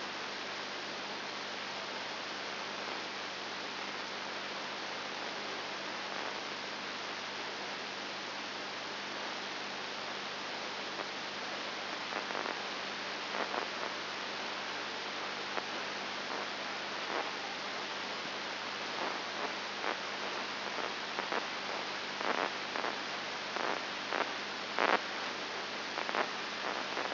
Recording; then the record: brain microelectrode recording played as sound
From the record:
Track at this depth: outside the subthalamic nucleus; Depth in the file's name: 6.3 mm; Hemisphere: left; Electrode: 2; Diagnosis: Parkinson's disease